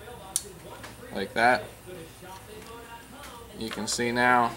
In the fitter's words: time to hear it click like that